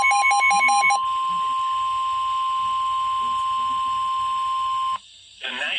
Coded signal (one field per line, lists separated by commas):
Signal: Emergency Alert System (SAME) tones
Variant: 1050 Hz attention tone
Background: speech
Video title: Another Snow Squall Warning. | EAS#553